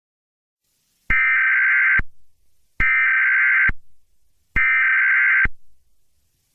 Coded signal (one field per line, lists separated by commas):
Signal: Emergency Alert System (SAME) tones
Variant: header bursts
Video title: EAS Scenario 1: Gargantuar’s Feast (PART 1)